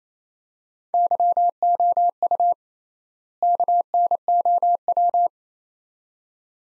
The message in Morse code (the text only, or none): YOU KNOW